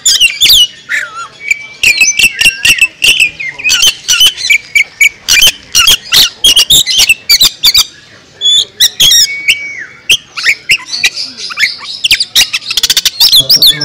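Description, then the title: Oriental magpie-robin song: rapid, varied whistled and squeaky phrases mixed with many sharp, loud clicking notes, with brief pauses and a flat whistled note repeated twice. National champion contest bird. "Bintang Sektor Kacer"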